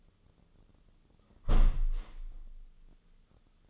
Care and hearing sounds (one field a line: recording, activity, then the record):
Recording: daily activity, microphone in the room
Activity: close window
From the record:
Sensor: 4